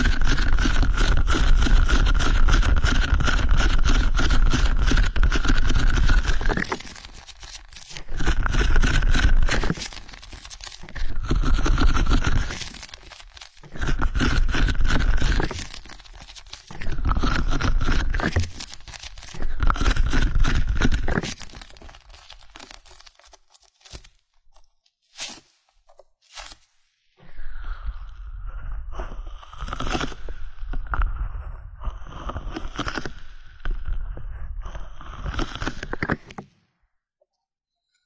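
Ear cleaning massage with dense, rough rubbing and scraping that fills the first seven seconds, then comes in bursts of about two seconds separated by short pauses. Around 22 to 27 seconds it drops to a few sharp clicks, then brighter rustling strokes return until 36 seconds and stop.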